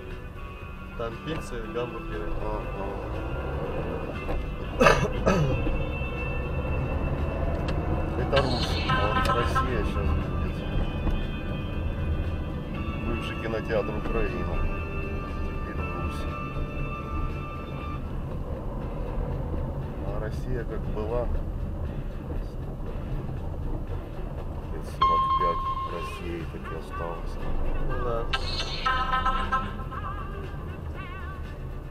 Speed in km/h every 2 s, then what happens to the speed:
7, 10, 24, 26, 35, 31, 30, 25, 25, 23, 21, 20, 16, 9, 11, 14.
0-7 speeds up to 35. 7-25 slows to 9. 25-32 steady at about 11.